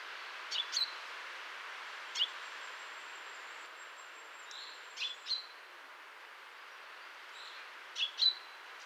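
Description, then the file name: Common chaffinch calls: short, sharp notes, mostly paired, repeated at irregular intervals, with a thin steady high whistle in the middle and a constant hiss underneath. "Fringilla coelebs"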